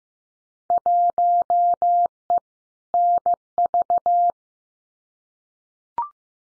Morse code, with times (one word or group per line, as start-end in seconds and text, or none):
0.7-2.4 1E
2.9-4.3 NV